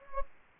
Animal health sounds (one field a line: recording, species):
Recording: mosquito wingbeat signal from an infrared sensor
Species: Anopheles gambiae